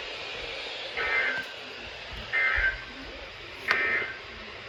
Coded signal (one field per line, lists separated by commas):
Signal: Emergency Alert System (SAME) tones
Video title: I BUTCHERED IRBY! Alerts from 7/1/23 (EAS #691 - 699)